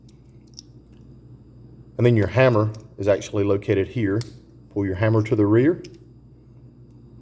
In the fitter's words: you may have to just pull back on the little takedown lever to get the barrel to lock into place